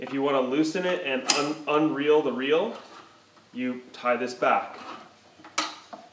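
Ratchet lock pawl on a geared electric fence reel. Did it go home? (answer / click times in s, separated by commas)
yes / 5.6 s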